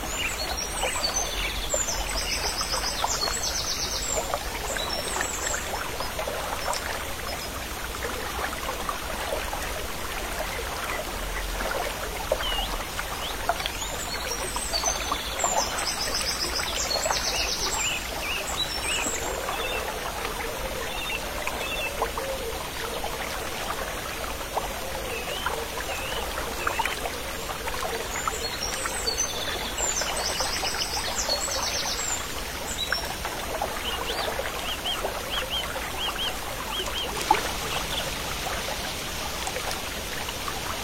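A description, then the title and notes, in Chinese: A small country stream flows steadily, its water a dense, even patter and trickle across the mid and upper range with little change in level. High, bright bird chirps come in short bursts near the start, around the middle, and again near the end. 清晨宁静的大自然 乡间小溪的流水声 白噪音。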